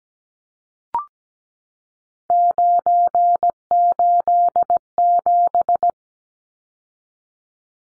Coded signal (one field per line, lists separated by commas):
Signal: Morse code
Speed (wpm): 17 wpm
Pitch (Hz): 700 Hz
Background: none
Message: 987